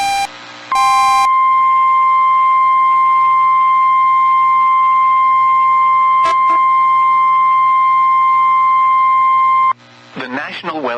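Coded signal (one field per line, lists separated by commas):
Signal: Emergency Alert System (SAME) tones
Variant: 1050 Hz attention tone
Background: speech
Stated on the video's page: Blizzard and snow squall warnings heard on NOAA Weather Radio.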